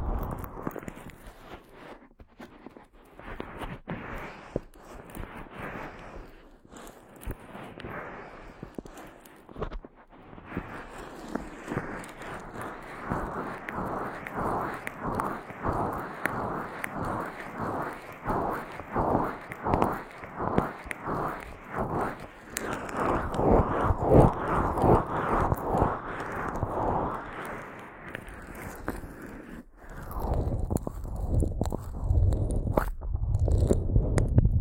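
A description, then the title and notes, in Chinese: A head massage with quick, steady rubbing and scratching strokes that grow fuller after ten seconds, ending with heavier low thumps. 疗愈SPA！头部调理，深度放松。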